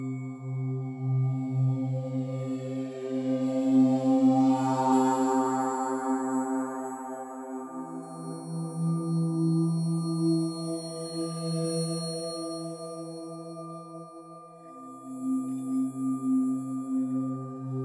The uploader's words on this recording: Tibetan meditation alpha wave 11hz for relaxed focus.